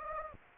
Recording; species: mosquito wingbeat signal from an infrared sensor; Anopheles gambiae